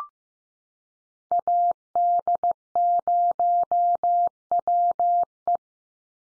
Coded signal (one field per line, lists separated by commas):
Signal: Morse code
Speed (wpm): 15 wpm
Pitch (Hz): 700 Hz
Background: none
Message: AD0WE